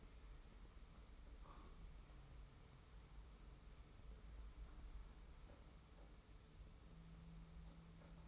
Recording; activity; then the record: daily activity, microphone in the room; wipe stove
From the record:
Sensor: 1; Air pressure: 991.5 hPa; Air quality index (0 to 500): 132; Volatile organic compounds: 433 ppm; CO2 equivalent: 4724 ppm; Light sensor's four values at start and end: 40/125/49/51 and 40/125/50/51